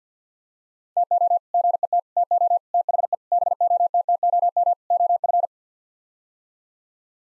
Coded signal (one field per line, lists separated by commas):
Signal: Morse code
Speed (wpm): 50 wpm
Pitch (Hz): 700 Hz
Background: none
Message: TO GET TO THE BOTTOM OF